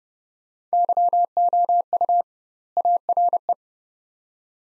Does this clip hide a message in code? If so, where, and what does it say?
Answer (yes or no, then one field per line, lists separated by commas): yes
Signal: Morse code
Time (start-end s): 0.7-3.5 s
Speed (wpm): 29 wpm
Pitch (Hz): 700 Hz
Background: none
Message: YOU ARE